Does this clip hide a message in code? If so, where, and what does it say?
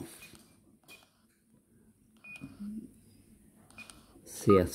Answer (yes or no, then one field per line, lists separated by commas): no